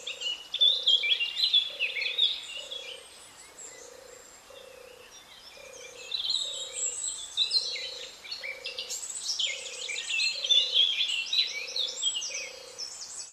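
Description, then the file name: Eurasian blackcap song, bursts of fast varied warbling notes with a pause between phrases, over a steady series of low hooting pulses. "Sylvia atricapilla"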